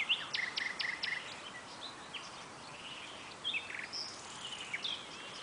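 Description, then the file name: Common nightingale song: a rapid series of hard, repeated clicking strokes, a pause, then a second burst of sharp chirps and whistled notes against constant background noise. "Luscinia megarhynchos"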